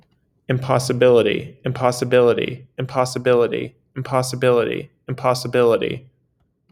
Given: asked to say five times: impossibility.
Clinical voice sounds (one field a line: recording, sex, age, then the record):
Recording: repeated word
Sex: male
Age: 20 to 29 years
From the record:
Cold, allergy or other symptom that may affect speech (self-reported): no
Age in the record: 24 years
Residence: Massachusetts, United States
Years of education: 14